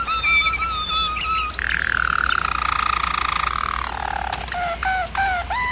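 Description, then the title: German Roller canary song, smooth rolling trills near mid pitch shifting between tours, ending with short descending whistled notes; steady low hum beneath. German Roller canary singing, for canary training. "German Roller Canary Singing - Canary Training Vid"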